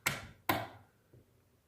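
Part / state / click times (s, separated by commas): receiver pin into shotgun receiver holding trigger assembly / seated / 0.1 s, 0.5 s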